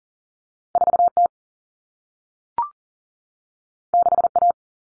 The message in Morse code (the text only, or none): 4T 6A